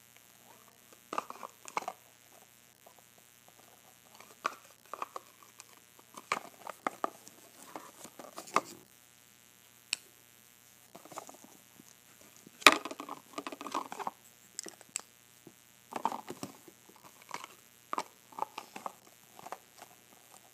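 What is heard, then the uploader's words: A box of jewelry is handled, with small clicks, taps and light rattling pieces scattered in short bursts throughout. A sharper, louder knock comes around twelve seconds in. A faint steady hum sits beneath the quiet gaps. Opening and Closing my Box of Jewelry.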